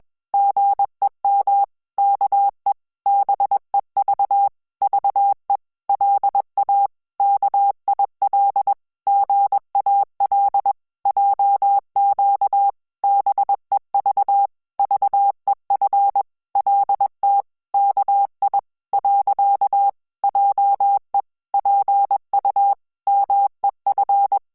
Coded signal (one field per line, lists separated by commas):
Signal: Morse code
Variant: Korean alphabet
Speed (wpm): 21 wpm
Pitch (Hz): 800 Hz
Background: none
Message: 삼 아 달 라 고 약 속 해 달 란 거 야 . 하 지 만